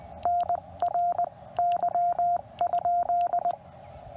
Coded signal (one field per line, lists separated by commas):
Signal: Morse code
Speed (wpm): 18 wpm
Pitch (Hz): 700 Hz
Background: radio noise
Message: NR Y?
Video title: QRP DX: CW POTA WITH MY NEW QMX @ OLD FORT HARROD #parksontheair #cw #hamradio